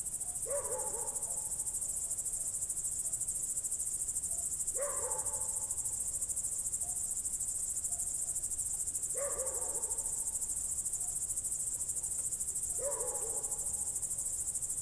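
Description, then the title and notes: Cricket chorus forms a continuous high, finely pulsed trill, while a lower harmonic sound in the background returns roughly every four seconds, four times. Night crickets outside a window, Goworów, Poland, late on the night of 18 July 2022, World Listening Day; recorded with Zoom F4 and AT BP4025. "Goworów, Poland - World Listening Day/Night 18/07/2022-night crickets. słuchałem świerszczy zza okna"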